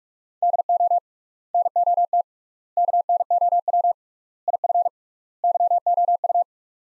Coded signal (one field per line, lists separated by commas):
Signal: Morse code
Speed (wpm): 45 wpm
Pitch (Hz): 700 Hz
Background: none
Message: DO NOT KNOW IF YOU